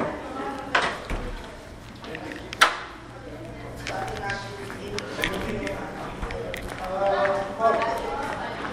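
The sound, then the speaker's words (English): Quick, uneven patter of children's running footsteps with sharp knocks and thumps, mixed with a murmur of young voices chattering throughout. “No running.”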